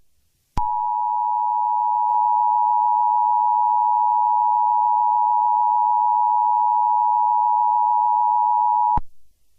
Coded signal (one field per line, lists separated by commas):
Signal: Emergency Alert System (SAME) tones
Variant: 853 and 960 Hz attention tone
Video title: EAS Scenario #1: Recipe for Disaster